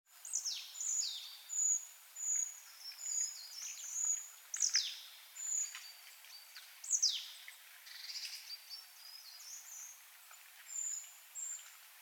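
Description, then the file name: Marsh tit calling with thin, very high whistled notes and sharp downward-sweeping chips, given in loose bursts every second or two over faint background hiss. "Poecile palustris"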